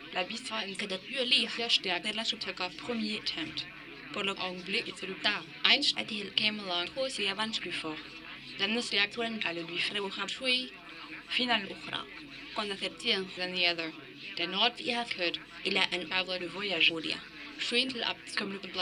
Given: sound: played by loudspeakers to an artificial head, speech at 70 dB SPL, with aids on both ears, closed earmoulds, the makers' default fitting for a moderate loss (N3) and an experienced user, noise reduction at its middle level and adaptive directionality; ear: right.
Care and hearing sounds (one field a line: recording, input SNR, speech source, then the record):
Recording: speech test signal (ISTS) in cocktail-party noise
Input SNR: +9 dB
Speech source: on the right (90 degrees)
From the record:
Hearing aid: class 2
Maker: D